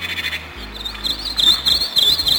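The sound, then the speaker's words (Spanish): Birdsong played back from an old cassette: high, warbling chirps and trills that grow livelier after the first second, over a steady low tape hum and faint hiss. “Ya los únicos pájaros que puedo oír cantar son los que grabé con mi viejo cassette.”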